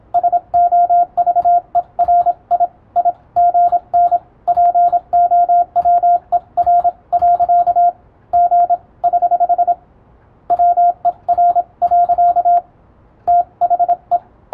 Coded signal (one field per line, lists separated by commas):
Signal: Morse code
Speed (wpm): 27 wpm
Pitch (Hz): 700 Hz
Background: radio noise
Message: SOVERIIGN POWER.G <HH> WER. THE